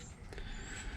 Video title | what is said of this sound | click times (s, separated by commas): Rear End Rewind (8 1/4")- Hoosier Garage | race fits right inside of here and on this one it is a little snug but it does kind of click right in there | 0.3 s, 0.4 s